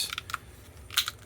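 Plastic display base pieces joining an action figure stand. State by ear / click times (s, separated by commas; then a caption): seated / 1.0 s. Two plastic display-base pieces for an action figure stand are pressed together and onto a third base piece, with a few light plastic ticks in the first 0.4 s. A bright snap at 1.0 s, followed by a smaller tick, shows the pieces seated together.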